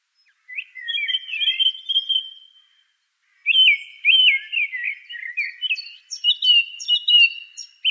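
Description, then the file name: Song thrush song: soft warbled phrases, a pause, then a loud wavering whistle repeated a few times, followed by high sharp repeated notes. "suara-kicauan-burung-song-thrush -omkicau"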